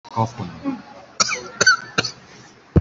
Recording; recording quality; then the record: heavy voluntary cough; moderate, slight background noise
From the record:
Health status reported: COVID-19 positive, mild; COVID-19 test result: positive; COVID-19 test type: RT-PCR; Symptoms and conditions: cough, cold, sore throat, fever, muscle pain, loss of smell and taste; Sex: male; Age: 41 years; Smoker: no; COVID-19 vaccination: one dose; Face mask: worn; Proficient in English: yes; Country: India